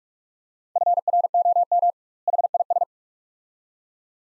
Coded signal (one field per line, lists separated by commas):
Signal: Morse code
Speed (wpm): 46 wpm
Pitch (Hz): 700 Hz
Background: none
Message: FROM HIS